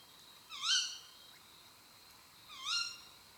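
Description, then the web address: Tawny owl, two strident rising-and-falling calls roughly two seconds apart against a faint steady high tone. Female tawny owl; listed among nocturnal raptor songs and calls. "rapaci notturni canto verso femmina allocco strix aluco tawny owl waldkauz carabo comun chouette hulotte"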